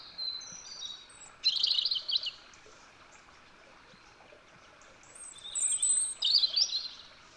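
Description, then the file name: European robin delivering high, tinkling warbled phrases with thin drawn-out whistles and a rapid jumbled burst, pausing between phrases, with soft background hiss. "Erithacus rubecula"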